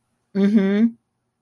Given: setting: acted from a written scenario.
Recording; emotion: vocal sound without words; neutral